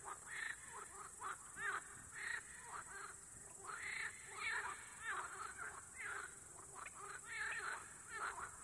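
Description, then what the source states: Frogs in a lively chorus of overlapping croaks and quacking calls, swelling and fading repeatedly over a constant background hiss. Frogs at Nová Oleška.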